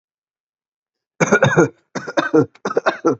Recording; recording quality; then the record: heavy voluntary cough; excellent, no background noise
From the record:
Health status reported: healthy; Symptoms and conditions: none ticked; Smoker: not ticked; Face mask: not worn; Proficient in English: yes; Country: India